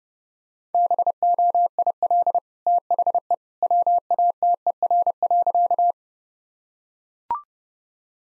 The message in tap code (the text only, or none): none